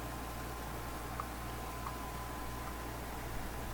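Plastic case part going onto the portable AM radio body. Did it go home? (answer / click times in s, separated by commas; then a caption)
no / none. A plastic case part is carefully positioned on the body of a Panasonic Toot-A-Loot portable AM radio, being lined up before it is pushed home. Over a steady background hiss with a faint hum, only a few faint small ticks are heard, the clearest near 1.2 s. The part has not snapped into place yet.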